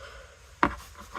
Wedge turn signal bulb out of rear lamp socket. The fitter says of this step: It should come right off, snap right off.